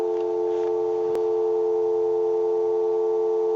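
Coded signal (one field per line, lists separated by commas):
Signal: telephone call progress tone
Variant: North America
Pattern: dial tone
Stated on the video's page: Heard on a candlestick telephone converted and repaired, during initial checkout.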